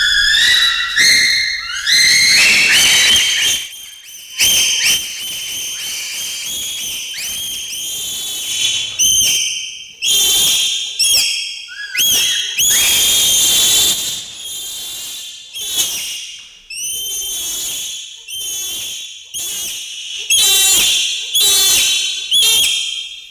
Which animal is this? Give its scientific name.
Pan paniscus